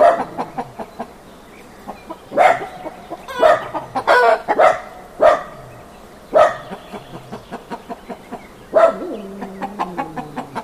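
Chicken clucks, sharp and irregular, with loud bursts every second or two and a low, wavering drawn note near the end.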